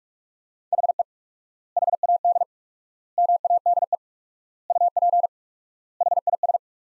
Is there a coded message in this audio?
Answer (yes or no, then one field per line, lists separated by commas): yes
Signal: Morse code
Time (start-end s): 0.7-6.6 s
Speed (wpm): 47 wpm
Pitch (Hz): 700 Hz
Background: none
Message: HE HAD MADE UP HIS